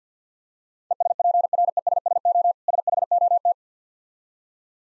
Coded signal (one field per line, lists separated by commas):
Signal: Morse code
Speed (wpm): 50 wpm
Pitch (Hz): 700 Hz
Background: none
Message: ESPRESSO SHOT